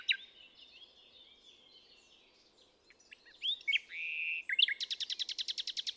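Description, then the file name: Common nightingale song: soft drawn-out whistles and warbles building to a loud, fast series of repeated sharp notes. "Luscinia megarhynchos"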